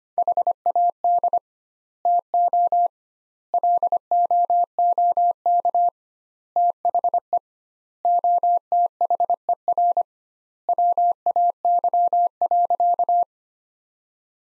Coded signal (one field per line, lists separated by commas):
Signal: Morse code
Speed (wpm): 25 wpm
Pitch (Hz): 700 Hz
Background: none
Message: HAD TO LOOK THE OTHER WAY.